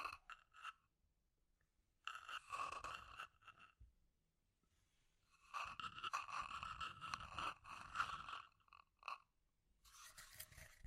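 Scratchy tapping comes in bursts, a brief flurry at the start, then longer rough stretches around two, six to eight, and ten seconds.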